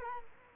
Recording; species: mosquito wingbeat signal from an infrared sensor; Culex quinquefasciatus